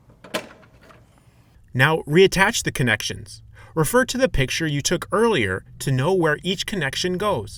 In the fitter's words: place the new control board behind the wires and onto the standoffs and push it on until you hear a click